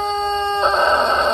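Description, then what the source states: Chicken: rooster crowing: a loud, steady harmonic note that turns harsh and rough about halfway through and carries on to the end. A single rooster described as very loud.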